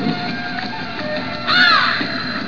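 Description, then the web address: Crow giving a single harsh, drawn-out caw partway through, over a steady background hiss and low rumble. "gothgallery sounds crow"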